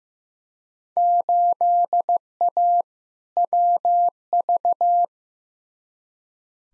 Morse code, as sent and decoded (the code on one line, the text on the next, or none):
---.. .- / .-- ...-
8A WV